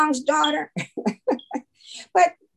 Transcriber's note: laughter